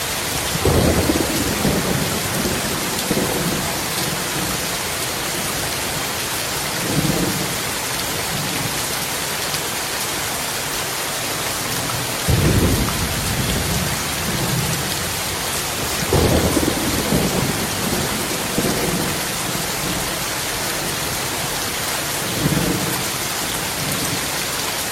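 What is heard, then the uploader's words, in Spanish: Heavy rain drums steadily on a roof, a dense hiss throughout, while low thunder rumbles roll in several times, strongest near twelve and sixteen seconds. Lluvia Pesado Con Truenos. Lluvia en el techo.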